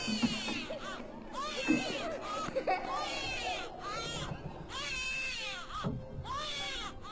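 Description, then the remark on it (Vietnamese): A child's voice drifts faintly from somewhere in a house at night, alternating between high, wavering cries and bursts of laughter, rising and falling in pitch over a steady murmur of background noise. “Quả nhiên, đúng là có tiếng trẻ con lúc cười lúc khóc văng vẳng đâu đây.”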